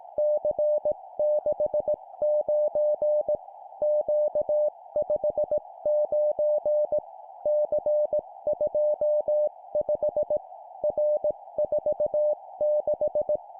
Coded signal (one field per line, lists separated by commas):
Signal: Morse code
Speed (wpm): 18 wpm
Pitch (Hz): 600 Hz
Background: music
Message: C69 Q59 C25 R46